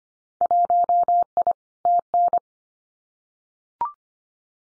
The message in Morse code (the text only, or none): 1I TN